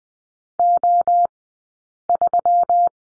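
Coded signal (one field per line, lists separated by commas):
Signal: Morse code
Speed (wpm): 20 wpm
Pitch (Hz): 700 Hz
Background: none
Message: O3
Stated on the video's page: Morse code course lesson on letter Y, Farnsworth spacing at 20/10 wpm.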